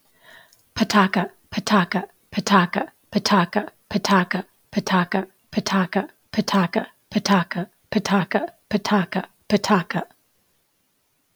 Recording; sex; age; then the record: repeated syllables /pa ta ka/; female; 50 to 59 years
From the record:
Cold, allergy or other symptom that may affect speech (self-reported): no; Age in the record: 55 years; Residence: Georgia, United States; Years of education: 18